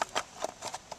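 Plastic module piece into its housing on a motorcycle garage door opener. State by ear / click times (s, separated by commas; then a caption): not seated / none. The plastic piece of a Flash 2 Pass motorcycle garage door opener module is handled beside its housing after its positive and negative leads have been wired. A series of short, sharp plastic taps and knocks is heard, the loudest at about 0.0 s and 0.4 s, with lighter ones near 0.2, 0.7 and 0.9 s. Nothing has seated or clicked into the housing yet.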